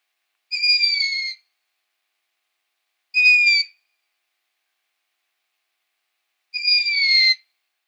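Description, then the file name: Long-eared owl repeating a thin, squeaky, gently descending call three times, the middle one shorter, at irregular intervals. "Waldohreule"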